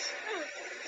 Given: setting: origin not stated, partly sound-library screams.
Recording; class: one-second piece from a danger detection set; woman in danger